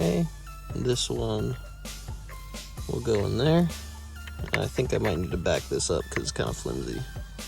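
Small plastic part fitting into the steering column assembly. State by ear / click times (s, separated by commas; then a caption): not seated / none. Someone talks while handling a small, flimsy plastic part that fits into the steering column assembly of a Lexus GX470 during a repair of the airbag light (B1153), with music playing underneath. The part is being pushed toward its spot, but nothing has seated or clicked yet when the clip ends.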